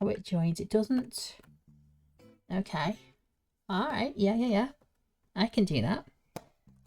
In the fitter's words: Did you hear it clicking? Yeah.